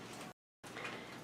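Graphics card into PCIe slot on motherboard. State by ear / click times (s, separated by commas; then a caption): not seated / none. A graphics card of hard plastic and metal is pushed into the PCIe slot latch on a motherboard and is taken as seated without an audible click. Only steady broadband noise is heard, with a stretch of total silence from about 0.3 to 0.6 s. Nothing has seated or clicked yet in this clip.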